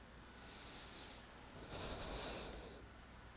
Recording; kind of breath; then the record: one breath in and out by a microphone near the nose and mouth; deep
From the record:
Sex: male